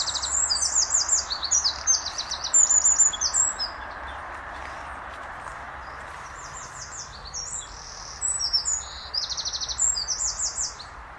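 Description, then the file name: Eurasian wren singing two loud, fast bursts of high trills and rattling notes, separated by a pause of several seconds, with constant low hissing noise behind. "Troglodytes troglodytes"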